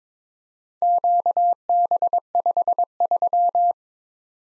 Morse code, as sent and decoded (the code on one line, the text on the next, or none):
--.- -... ..... ...--
QB53